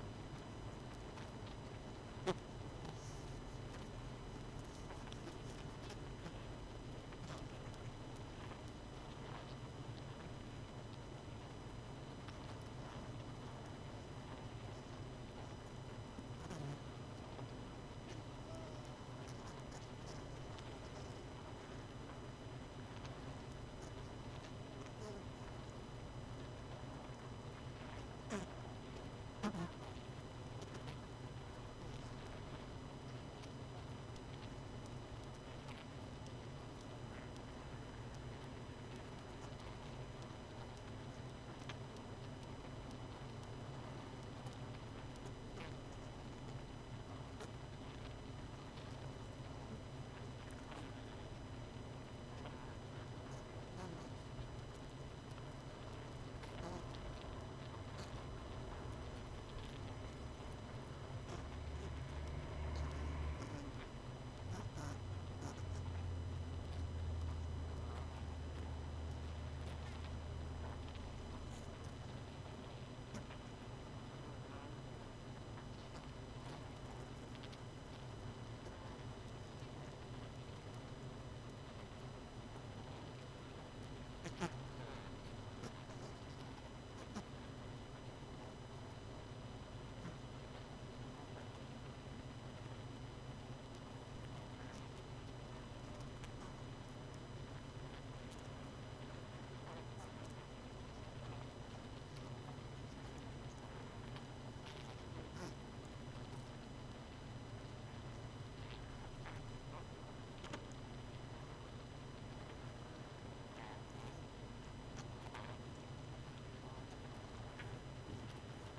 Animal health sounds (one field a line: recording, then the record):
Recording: honeybee colony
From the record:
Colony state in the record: missing queen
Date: 31 May 2018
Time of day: 22:14